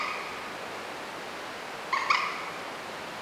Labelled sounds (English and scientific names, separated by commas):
Common Moorhen (Gallinula chloropus)